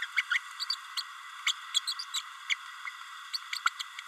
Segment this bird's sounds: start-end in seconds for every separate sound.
0.02-0.06, 0.16-0.22, 0.30-0.38, 0.59-0.64, 0.69-0.75, 0.96-1.02, 1.46-1.52, 1.74-1.79, 1.87-1.94, 2.13-2.21, 2.49-2.55, 3.33-3.38, 3.65-3.69, 3.79-3.83